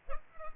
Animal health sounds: mosquito wingbeat signal from an infrared sensor; Culex pipiens

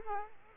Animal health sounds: mosquito wingbeat signal from an infrared sensor; Culex quinquefasciatus

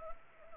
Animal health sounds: mosquito wingbeat signal from an infrared sensor; Anopheles arabiensis

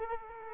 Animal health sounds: mosquito wingbeat signal from an infrared sensor; Culex quinquefasciatus

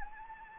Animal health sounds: mosquito wingbeat signal from an infrared sensor; Anopheles gambiae

